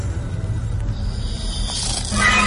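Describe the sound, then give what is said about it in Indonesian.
A steady, raspy snore with a low rumbling drone and breathy hiss on top, swelling slightly louder toward the end; no one speaks. “aku mendengar suara mendengkur.”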